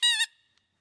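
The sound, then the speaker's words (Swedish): A single short, bright honk from a squeaky toy horn, a buzzy nasal squawk lasting about a quarter second before cutting off, with nothing else around it. “Ja, det var något typiskt. Nu hittar jag tutan.”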